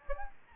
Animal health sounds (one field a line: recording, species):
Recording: mosquito wingbeat signal from an infrared sensor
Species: Anopheles gambiae